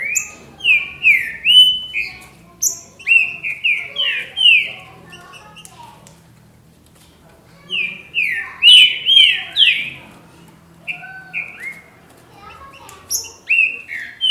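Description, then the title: Green-winged saltator delivers bursts of loud whistled notes in fast series, then falls silent for a few seconds before resuming. "Trinca Ferro"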